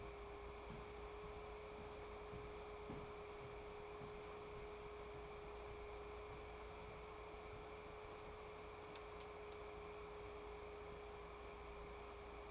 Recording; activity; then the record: daily activity, microphone in the room; walk to room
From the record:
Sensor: 1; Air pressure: 1010.5 hPa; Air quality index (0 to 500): 170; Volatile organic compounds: 12 ppm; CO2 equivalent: 2337 ppm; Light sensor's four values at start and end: 51/131/54/69 and 50/129/54/68